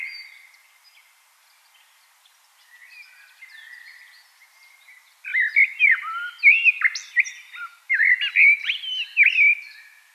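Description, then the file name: Common blackbird: faint high notes at first, then a common blackbird sings two loud fluted, warbling phrases with sharp high squeaks mixed in. "Turdus merula"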